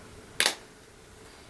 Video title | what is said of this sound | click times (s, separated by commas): Learn to Restore your Oakley Catalyst Sunglasses - How to Replace your Old Lenses - Seek Optics | should hear a popping sound if | 0.4 s